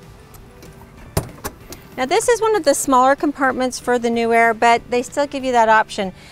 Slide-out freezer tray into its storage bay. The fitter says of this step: and then it just pushes right back in and locks into place. So easy.